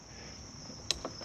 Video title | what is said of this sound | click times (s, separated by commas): MORIMOTO EVO HYBRID HEADLIGHTS 09-14 F-150 UNBOXING,INSTALL, & REVIEW | just gonna button that guy in until it clicks. | 0.9 s